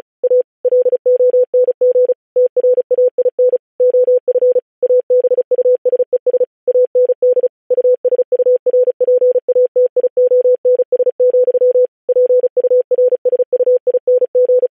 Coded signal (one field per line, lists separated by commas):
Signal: Morse code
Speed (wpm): 36 wpm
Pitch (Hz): 500 Hz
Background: none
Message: A LONG TRAIN OF ABUSES AND USURPATIONS, PURSUING